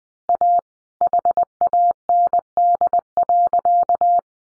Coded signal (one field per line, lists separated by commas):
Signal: Morse code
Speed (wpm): 20 wpm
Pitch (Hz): 700 Hz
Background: none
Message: A HAND.